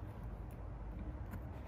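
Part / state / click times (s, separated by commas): AdBlue filler cap on car AdBlue tank neck / not seated / none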